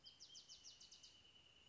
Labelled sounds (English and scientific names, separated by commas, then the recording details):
Bewick's Wren (Thryomanes bewickii)
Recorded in Sonoma County, California